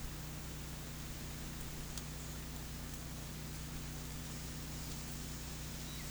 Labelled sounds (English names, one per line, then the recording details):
none
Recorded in pastures near Puerto Asís, Putumayo, Colombia, on 21 March 2025 at 12:30
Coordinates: 0.505, -76.324
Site GP08